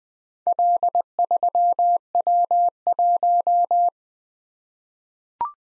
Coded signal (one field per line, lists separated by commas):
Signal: Morse code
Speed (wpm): 20 wpm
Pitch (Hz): 700 Hz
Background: none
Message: L3W1